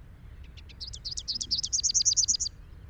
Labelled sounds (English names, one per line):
Rufous-capped Warbler song